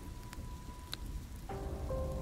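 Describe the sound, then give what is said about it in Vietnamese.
Heavy rain pours in a steady, dense hiss, with a few sharp taps early on and thin whistling tones rising over the downpour in the second half. “Mưa rít gào ầm ĩ”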